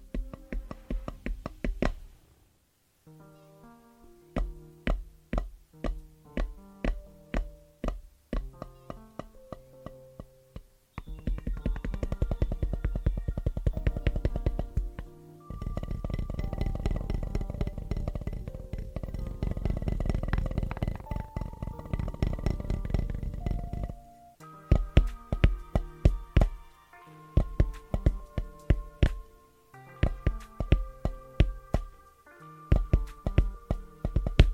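Fast, rhythmic tapping runs over music with steady sustained tones and low bass notes. The taps come in quick, regular bursts with brief gaps, then turn dense and continuous from about 11 to 24 seconds before returning to clipped, evenly spaced runs.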